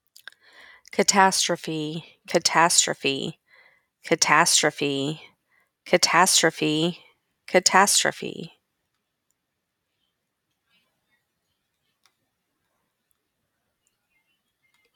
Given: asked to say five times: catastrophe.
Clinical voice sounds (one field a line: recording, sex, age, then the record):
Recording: repeated word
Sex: female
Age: 30 to 39 years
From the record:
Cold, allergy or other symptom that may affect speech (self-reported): no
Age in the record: 38 years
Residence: Missouri, United States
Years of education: 17